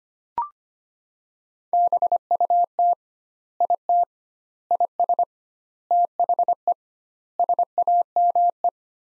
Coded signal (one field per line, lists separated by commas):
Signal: Morse code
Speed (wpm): 25 wpm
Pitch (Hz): 700 Hz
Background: none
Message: BUT IT IS THE SAME